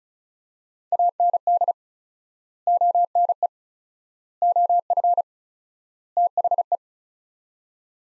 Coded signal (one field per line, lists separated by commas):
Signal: Morse code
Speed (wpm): 36 wpm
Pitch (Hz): 700 Hz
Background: none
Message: AND ONE OF THE